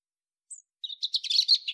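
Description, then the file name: European robin singing: one thin, high, falling note, a pause, then a rapid jumbled warble of sweet twittering notes. "Erithacus rubecula"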